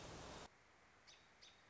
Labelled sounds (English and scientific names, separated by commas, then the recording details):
American Robin (Turdus migratorius)
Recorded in Sonoma County, California